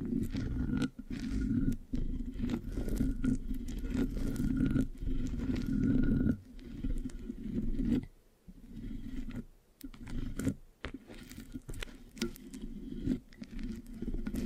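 Sticky mic scratching: dense, crackly rubbing with frequent sharp pops, steady and loud for six seconds, then choppier with brief gaps.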